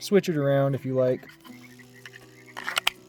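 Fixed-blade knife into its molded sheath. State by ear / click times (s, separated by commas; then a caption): seated / 2.9 s. Someone talks briefly, then a small TOPS Knives Mini Tracker fixed-blade knife is pushed into its molded sheath with a few light scraping clicks. It locks in with a sharp click at 2.9 s and sits snugly, with no rattle or shake.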